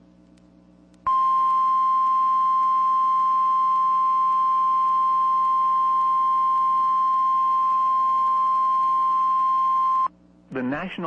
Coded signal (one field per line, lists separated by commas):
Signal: Emergency Alert System (SAME) tones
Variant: 1050 Hz attention tone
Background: speech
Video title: EAS #41-42: SVR & TOR (Double Header)